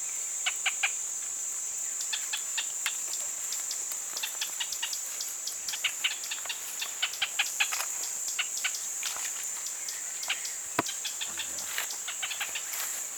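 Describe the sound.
Pinto's spinetail utters scattered series of brief, sharp notes. A steady high insect drone continues, and a single low thump is heard near the end.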